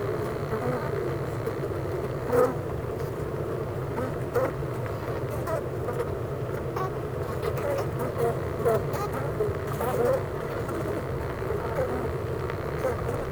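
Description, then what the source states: Honey bees in a steady, dense buzzing drone, low and continuous, with small clicks and brief louder buzzes passing through. Hive of honey bees at Clara Vale, Gateshead, UK.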